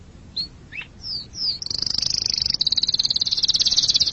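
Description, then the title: Canary song: a few sharp down-slurred whistles, then a long rapid high trill of fast, even pulses that carries to the end. "BM Suara Kenari"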